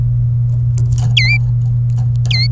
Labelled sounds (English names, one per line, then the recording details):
Domestic Canary song
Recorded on 27 April 2018 at 14:12
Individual llb3